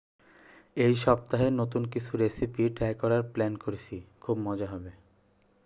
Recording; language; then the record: elicited speech; Bengali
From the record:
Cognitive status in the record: cognitively healthy